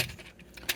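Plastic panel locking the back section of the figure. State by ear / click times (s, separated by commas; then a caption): not seated / none. A plastic panel on a Transformers Studio Series 86 Devastator figure is brought over and folded down toward the back section it will lock. Light plastic clacks and rattles are heard, with a small knock at 0.6 s and a sharper, louder clack at 0.7 s. The panel is only being handled, and nothing has seated or clicked into place yet.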